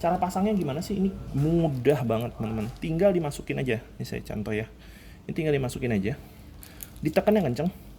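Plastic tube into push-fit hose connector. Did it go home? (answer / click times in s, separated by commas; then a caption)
no / none. A plastic tube is being pushed into a push-fit hose connector on a disinfectant fog system while someone talks throughout. The tube is handled but has not gone home yet, and nothing has seated or clicked.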